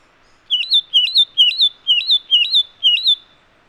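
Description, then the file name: Satin flycatcher giving six quick whistled phrases, each a dipping then upslurred double note, repeated about twice per second over a quiet background. "Myiagra Cyanoleuca"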